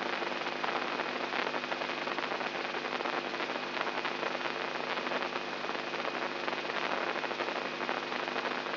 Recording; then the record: brain microelectrode recording played as sound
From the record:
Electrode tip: inside the subthalamic nucleus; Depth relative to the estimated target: -4 mm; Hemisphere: right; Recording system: AlphaMap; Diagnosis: Parkinson's disease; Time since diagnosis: 11 years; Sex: male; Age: 67 years